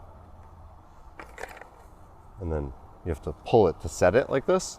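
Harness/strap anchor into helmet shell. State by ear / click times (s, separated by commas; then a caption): not seated / none. A plastic strap or harness anchor is lined up with its slot in a Pfanner Protos helmet shell, giving a few light handling ticks around 1.2 to 1.6 seconds before someone talks. The anchor has not yet been pulled to set, and nothing has seated or clicked yet.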